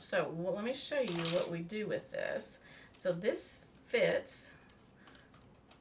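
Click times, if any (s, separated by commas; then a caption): 5.7 s. A card-making embossing insert or plate is pressed into its embossing folder or holder before it goes through the machine. Someone talks, then after a short rustle a quiet click at 5.7 seconds marks the insert snapping into place, seated in the folder.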